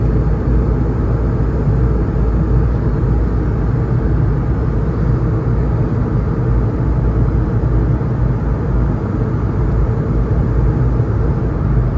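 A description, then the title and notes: Steady roar of aircraft engines during a flight, a dense, unbroken rumble concentrated in the low end with a softer hiss above. The level stays even throughout, with no announcements or other distinct events standing out. Airbus A220 London Heathrow to Düsseldorf (airBaltic).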